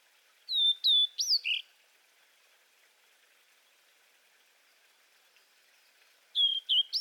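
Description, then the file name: Blue-and-white flycatcher song: a short phrase of clear, high whistles, then a long silence before the phrase starts again. "cyanoptila cyanomelana twitter"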